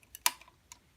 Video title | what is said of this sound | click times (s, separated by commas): 75177 First order Heavy Scout Walker. Review!!! | We'll hear a click, and then it's ready to fire. | 0.3 s